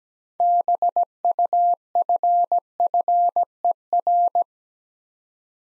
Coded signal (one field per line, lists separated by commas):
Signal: Morse code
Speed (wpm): 17 wpm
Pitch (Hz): 700 Hz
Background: none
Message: BUFFER